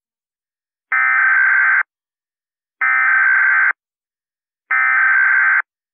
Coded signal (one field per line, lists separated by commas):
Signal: Emergency Alert System (SAME) tones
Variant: header bursts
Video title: EAS Scenario - Earth Moving to a Galaxy Collision REMASTERED